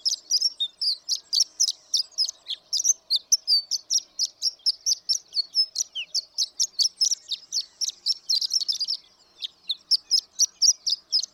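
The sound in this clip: Horned lark giving sustained high, tinkling song. Quick sharp chips run in a steady rhythm, with a short lull before the song resumes.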